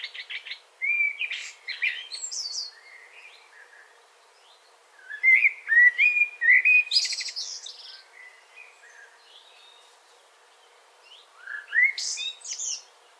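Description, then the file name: Common blackbird song in three bursts, each a flowing low warble topped by squeaky high twitters, separated by quiet pauses of a few seconds. "Turdus merula"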